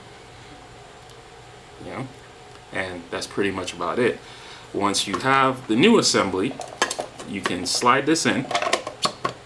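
Someone talks while a new fuel pump assembly for an FR-S/BRZ is handled and about to be slid into the plastic OEM fuel pump basket, with light clattering handling noises and two short, sharp knocks near 8.9 and 9.3 seconds. The clip ends before the assembly goes home, so nothing has seated or clicked into the basket yet.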